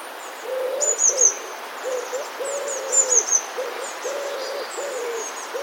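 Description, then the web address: Eurasian blue tit song: short bursts of thin, very high notes in groups of two or three, over a steady series of low, soft hooting calls. "wroblowe teka spiew modraszkoteka"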